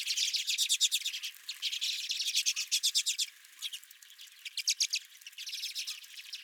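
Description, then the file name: Redpolls chattering, quick rattled chips in loud bursts separated by a quieter pause midway. Several redpolls recorded at the recordist's own bird feeder. "Redpolls at My Feeder"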